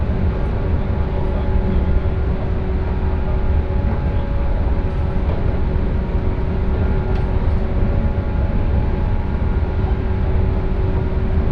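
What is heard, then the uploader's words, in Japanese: A train ride on the Sanyo Main Line, with a steady low rumble, a constant engine hum and faint occasional clicks throughout. 耳で楽しむ鉄道旅 山陽本線 倉敷→福山。この車両は播州赤穂発福山行きで昨日朝に乗った車両と同じでした。115系らしいモーターの唸りを響かせながら福山に着きます。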